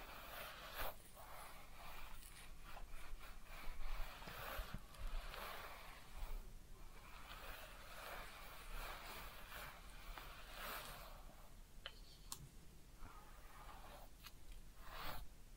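A head massage and ear cleaning produce continuous crisp rubbing and scratching with sharp clicks and snips scattered throughout, brightest around four and twelve seconds.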